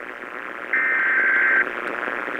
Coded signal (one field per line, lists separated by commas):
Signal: Emergency Alert System (SAME) tones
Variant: header bursts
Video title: Tennessee Monthly Test On WSM-AM 2/7/2023 (EAS #1,824)